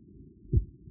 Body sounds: neck accelerometer signal played as sound; voluntary cough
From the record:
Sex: male

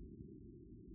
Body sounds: neck accelerometer signal played as sound; no cough (speech, laughter, throat clearing or background)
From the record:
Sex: female

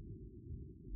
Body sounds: neck accelerometer signal played as sound; no cough (speech, laughter, throat clearing or background)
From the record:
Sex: male

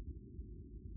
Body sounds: neck accelerometer signal played as sound; no cough (speech, laughter, throat clearing or background)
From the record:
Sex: male

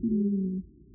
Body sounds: neck accelerometer signal played as sound; no cough (speech, laughter, throat clearing or background)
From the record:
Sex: male

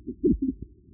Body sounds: neck accelerometer signal played as sound; no cough (speech, laughter, throat clearing or background)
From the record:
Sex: male

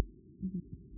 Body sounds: neck accelerometer signal played as sound; no cough (speech, laughter, throat clearing or background)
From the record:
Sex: female

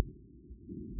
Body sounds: neck accelerometer signal played as sound; no cough (speech, laughter, throat clearing or background)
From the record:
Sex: male

